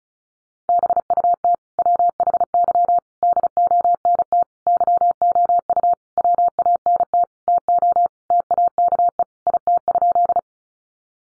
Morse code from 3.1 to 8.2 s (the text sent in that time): DONT YOU WANT TO